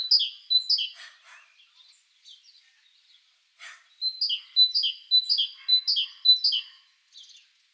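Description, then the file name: Great tit giving ringing two-note phrases, a short burst first, then scattered softer chirps, then a steady run of about five repeats. "Parus major"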